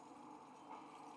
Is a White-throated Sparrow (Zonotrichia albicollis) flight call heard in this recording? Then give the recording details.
no. No flight call is heard. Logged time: 03:38 on 5 December 2014